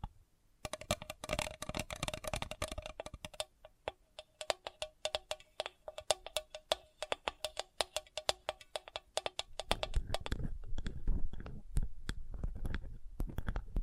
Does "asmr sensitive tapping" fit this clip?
yes